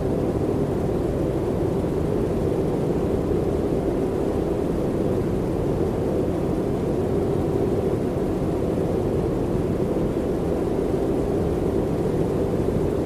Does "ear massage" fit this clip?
no